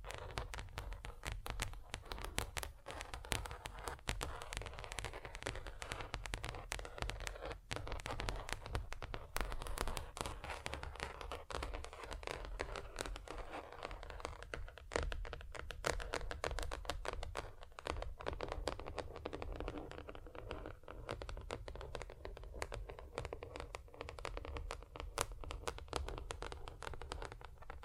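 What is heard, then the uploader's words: Tapping on different surfaces, no talking, with dense, rapid, irregular taps and scratchy clicks running the whole time at a steady level. The taps are sharp and bright, over a constant low rumble underneath, with no clear pauses. ASMR Just Tapping (Different Surfaces No Talking).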